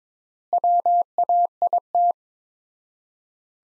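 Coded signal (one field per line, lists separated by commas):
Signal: Morse code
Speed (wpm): 22 wpm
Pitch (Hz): 700 Hz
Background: none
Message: WAIT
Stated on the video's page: Morse practice of sentences from the top 500 words at 22 wpm with 4x standard word spacing, a Farnsworth-like method for head-copy.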